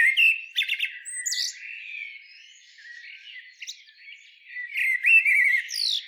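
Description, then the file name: Common blackbird phrases: fluty warbled notes mixed with sharp high twittery flourishes, in louder bursts with quieter gaps between. "Turdus merula"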